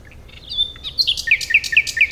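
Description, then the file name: Common nightingale song: a short phrase opening with a thin whistle, then a quick run of sharp, repeated chirping notes. "Luscinia megarhynchos"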